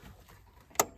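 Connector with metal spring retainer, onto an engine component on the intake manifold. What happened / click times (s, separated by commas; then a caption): The connector clipped into place / 0.8 s. During reinstallation of the intake manifold on a 2001 Ford F150 4.6L, after repairing a water leak from the valley heater hose, a clip-in connector with a small metal spring inside its retainer is pushed home onto an engine component on the manifold. Faint low background noise is broken by one sharp, bright click at 0.8 s. The connector is confirmed seated, snapped into place.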